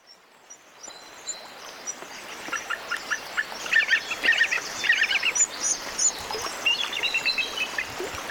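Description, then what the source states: Bald eagle giving thin, high chittering notes in quick bursts, growing busier after a quiet start, over a steady background hiss. Fledgling bald eagle learning to fish for salmon near Glacier Bay, Alaska; recorded by Bernie Krause.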